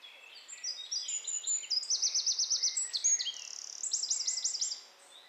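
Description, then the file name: Eurasian wren song: a fast, high, ringing outpouring of varied notes, broken by two runs of rapidly repeated trill notes. "Troglodytes troglodytes"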